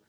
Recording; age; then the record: pig call; piglet (1 to 25 days)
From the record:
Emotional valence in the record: positive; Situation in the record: reunion after long isolation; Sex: female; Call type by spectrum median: low-frequency call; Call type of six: low-frequency tonal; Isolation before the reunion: 8 minutes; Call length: 0.09 s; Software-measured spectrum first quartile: 379 Hz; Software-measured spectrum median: 1371 Hz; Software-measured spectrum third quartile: 5028 Hz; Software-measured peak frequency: 419 Hz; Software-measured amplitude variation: 44 dB a second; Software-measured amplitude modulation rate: 5.7 a second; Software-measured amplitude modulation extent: 7.7 dB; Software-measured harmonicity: -0.8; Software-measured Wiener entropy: -1.71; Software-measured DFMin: 1206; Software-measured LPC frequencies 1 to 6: 444, 1515, 3081, 3926, 4770, 5435 Hz